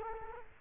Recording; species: mosquito wingbeat signal from an infrared sensor; Culex quinquefasciatus